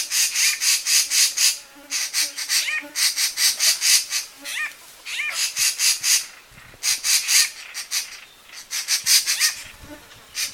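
Treepie harsh, grating calls in rapid rasping bursts, with a few short rising whistled notes between them, repeated throughout with brief pauses.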